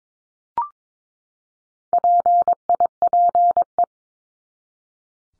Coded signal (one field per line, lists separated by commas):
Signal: Morse code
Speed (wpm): 22 wpm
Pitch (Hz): 700 Hz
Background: none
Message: PIPE